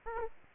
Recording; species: mosquito wingbeat signal from an infrared sensor; Aedes aegypti